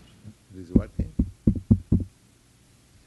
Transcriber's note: taps again on microphone